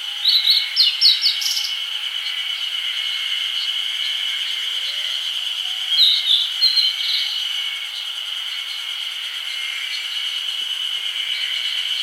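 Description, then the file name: Grey bunting giving a quick run of thin, high notes, then a second shorter burst near six seconds, over a constant high, droning insect hum. "Emberiza variabilis"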